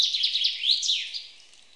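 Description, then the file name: Common chaffinch song phrase: rapid high notes that slide downward into a sweeping terminal flourish, then fade out. "Fringilla coelebs"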